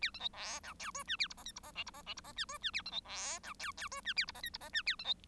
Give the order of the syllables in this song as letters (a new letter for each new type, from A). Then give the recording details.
A B C D E F G H A I J K I J L I J L I J H G H A B C D E F F G H A I J K I J H A B C. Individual Bird1